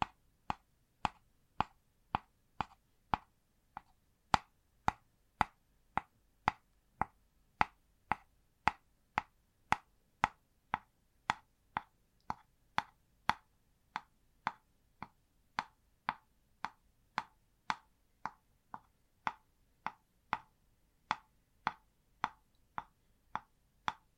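Tapping in a steady, even rhythm, roughly two sharp taps per second across the whole stretch. Each tap is short and crisp with a bright, hollow plop, and a few land a little softer than the rest. Between taps there is near silence.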